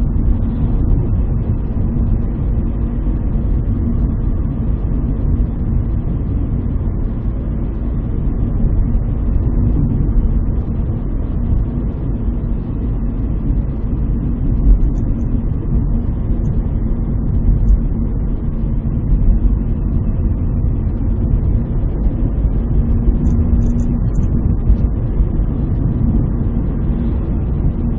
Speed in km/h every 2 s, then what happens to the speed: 60, 61, 60, 60, 60, 61, 60, 57, 57, 57, 60, 60, 62, 63.
0-28 steady at about 60.